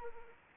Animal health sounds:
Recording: mosquito wingbeat signal from an infrared sensor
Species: Anopheles arabiensis

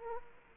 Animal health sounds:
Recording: mosquito wingbeat signal from an infrared sensor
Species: Culex quinquefasciatus

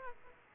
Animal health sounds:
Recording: mosquito wingbeat signal from an infrared sensor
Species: Aedes aegypti

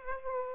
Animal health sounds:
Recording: mosquito wingbeat signal from an infrared sensor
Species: Aedes aegypti

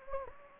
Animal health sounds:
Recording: mosquito wingbeat signal from an infrared sensor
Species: Anopheles gambiae

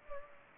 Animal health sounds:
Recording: mosquito wingbeat signal from an infrared sensor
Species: Culex pipiens

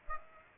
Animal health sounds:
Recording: mosquito wingbeat signal from an infrared sensor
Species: Aedes aegypti

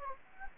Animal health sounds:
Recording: mosquito wingbeat signal from an infrared sensor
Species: Anopheles gambiae

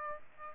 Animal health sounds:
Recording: mosquito wingbeat signal from an infrared sensor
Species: Aedes aegypti

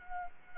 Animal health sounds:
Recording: mosquito wingbeat signal from an infrared sensor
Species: Culex quinquefasciatus

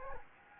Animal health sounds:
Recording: mosquito wingbeat signal from an infrared sensor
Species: Anopheles gambiae

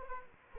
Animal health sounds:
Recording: mosquito wingbeat signal from an infrared sensor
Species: Anopheles arabiensis

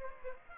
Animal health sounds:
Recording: mosquito wingbeat signal from an infrared sensor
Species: Aedes aegypti

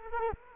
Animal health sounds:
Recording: mosquito wingbeat signal from an infrared sensor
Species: Culex quinquefasciatus

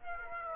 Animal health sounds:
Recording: mosquito wingbeat signal from an infrared sensor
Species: Aedes aegypti

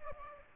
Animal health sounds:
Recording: mosquito wingbeat signal from an infrared sensor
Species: Aedes aegypti

